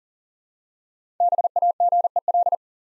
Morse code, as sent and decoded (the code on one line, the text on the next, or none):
-... .- --. . .-..
BAGEL